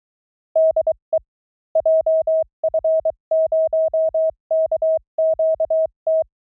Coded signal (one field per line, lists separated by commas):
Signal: Morse code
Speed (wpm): 23 wpm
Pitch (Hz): 640 Hz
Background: none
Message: DE JF0KQT